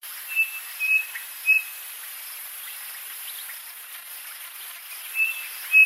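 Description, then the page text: Chinspot batis whistling clear, level notes in a series of three, a pause of several seconds, then two more, over a light background hiss. "Chinspot batis - call. by Ashleigh Tordiffe"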